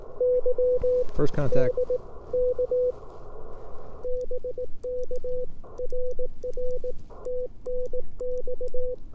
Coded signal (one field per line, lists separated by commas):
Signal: Morse code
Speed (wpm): 18 wpm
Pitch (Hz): 500 Hz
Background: speech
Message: YDK BK RR TNX